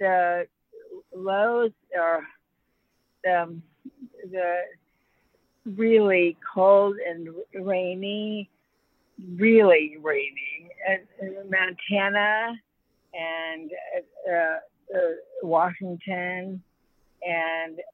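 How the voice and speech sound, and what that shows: Halting, effortful speech from an adult woman with non-fluent aphasia after a severe stroke in 2010 at age 53, which left her unable to speak and partly paralyzed; she has since regained the ability to communicate, with difficulty. Short fragments, long pauses and stretched fillers.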